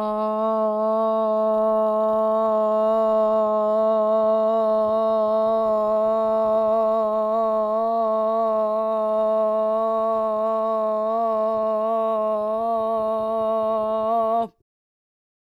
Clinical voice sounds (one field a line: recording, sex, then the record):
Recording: sustained vowel /o/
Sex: female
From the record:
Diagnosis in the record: Parkinson's disease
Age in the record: 40 years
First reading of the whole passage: 61 s, 7.8 characters per second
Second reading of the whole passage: 52 s, 9.9 characters per second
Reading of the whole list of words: 55 s, 5.1 characters per second